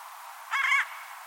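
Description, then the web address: Bird giving a single short, harsh, nasal call lasting about a third of a second, with faint hiss before and after. "Deverinetal 2025 File origin Bird Only"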